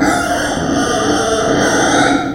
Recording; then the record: squeal of a Yucatan mini pig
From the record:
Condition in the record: before surgery on the right vocal fold (resection and tissue-engineered implant); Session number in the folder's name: 3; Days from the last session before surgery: 0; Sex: female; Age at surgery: 19 weeks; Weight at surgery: 25 kg